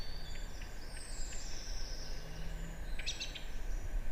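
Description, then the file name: Eurasian wren ticks: spaced clicks early on, then a quick cluster near the end, with thin high whistled notes over constant low background rumble. "Troglodytes troglodytes"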